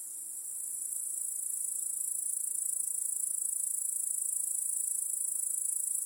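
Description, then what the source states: Dense chorus of crickets, a shrill even trill rising in volume at the start and then steady throughout. Cricket chorus in a home backyard at night.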